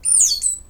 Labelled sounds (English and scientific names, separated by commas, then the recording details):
Stitchbird (Notiomystis cincta) song
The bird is a male
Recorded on Tiritiri Matangi Island, New Zealand, in 2005
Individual 17, of nest box 25